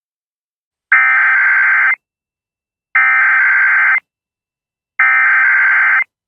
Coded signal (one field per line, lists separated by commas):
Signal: Emergency Alert System (SAME) tones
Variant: header bursts